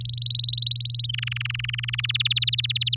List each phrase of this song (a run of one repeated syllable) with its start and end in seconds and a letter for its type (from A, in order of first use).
0.01-1.06 A, 1.09-2.06 B, 2.09-2.95 C